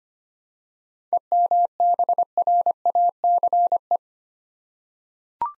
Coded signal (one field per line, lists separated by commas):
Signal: Morse code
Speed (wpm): 25 wpm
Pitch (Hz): 700 Hz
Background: none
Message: EMBRACE